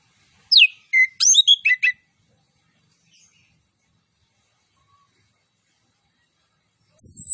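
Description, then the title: Orange-headed thrush song: a rapid burst of high, varied whistles and chirps, then silence, ending with a sharp whistled note that starts high and dips slightly. Song with full fill-in phrases and cililin-style bursts, used for training. "Anis Kembang Gacor. MASTERAN ANIS KEMBANG ISIAN FULL DENGAN TEMBAKAN CILILIN"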